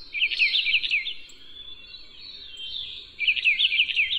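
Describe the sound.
Brown bullfinch with two quick runs of wavering, twittering notes at the start and end, separated by a faint thin high tone.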